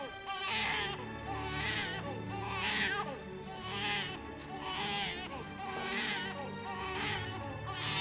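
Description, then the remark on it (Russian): A baby cries insistently, letting out about seven loud, high-pitched wails in a steady rhythm, each rising and falling with only brief gasps between them, with no talking. “У капитана появился ребенок.”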